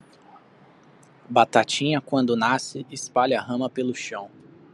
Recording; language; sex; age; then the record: short text; Brazilian Portuguese; male; 20 to 29 years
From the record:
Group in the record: control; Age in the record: 25 years